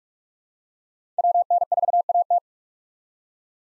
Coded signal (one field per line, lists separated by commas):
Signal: Morse code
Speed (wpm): 46 wpm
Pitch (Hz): 700 Hz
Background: none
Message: WN4AT